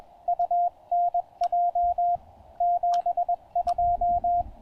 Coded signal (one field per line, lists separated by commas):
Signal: Morse code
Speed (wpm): 22 wpm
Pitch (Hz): 690 Hz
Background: radio noise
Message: UNJ 72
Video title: POTA Pileups on 20 meters! Pairing the Penntek TR-35 & Chelegance MC-750 at Table Rock Fish Hatchery